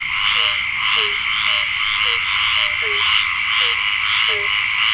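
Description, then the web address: Frog croaks, short falling notes repeated roughly twice a second over a steady, dense high-pitched chorus hum. "Tam Tam Micro activity audio database frogs"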